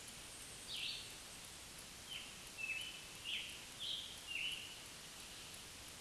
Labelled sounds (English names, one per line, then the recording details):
Scarlet Tanager song
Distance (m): 45 m
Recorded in a Pennsylvania forest on 1 June 2023 at 05:54
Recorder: AudioMoth, point grid3_26_high
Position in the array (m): 131 m, 5 m